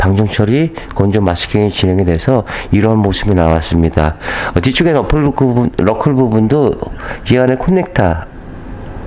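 A plastic electrical wiring connector at the rear suspension knuckle of a Kia Sorento gasoline car, masked before undercoating, is being handled while a man talks throughout. Nothing has seated or clicked yet, and the clip ends just before the connector goes home.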